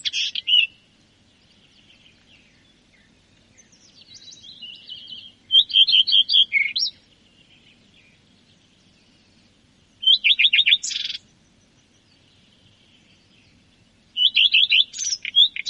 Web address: common redstart